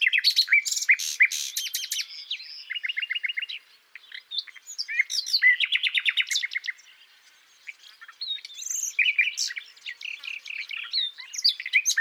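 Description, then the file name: Common nightingale delivering loud trilled bursts and rapid repeated notes, broken by short pauses, with scattered sharp chirps between phrases. "Luscinia megarhynchos"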